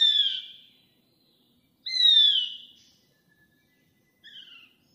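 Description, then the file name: Rufous-crowned laughingthrush calling with three descending slurred notes about two seconds apart, the last one softer, with otherwise quiet surroundings. "台灣白喉噪眉"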